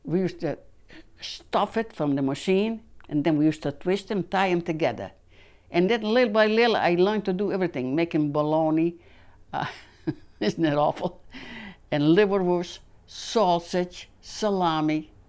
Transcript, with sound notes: We used to stuff it from the machine, and then we used to twist and tie them together. And then little by little I learned to do everything, making baloney. ( she laughs ) Isn't it awful? And liverwurst, sausage, salami.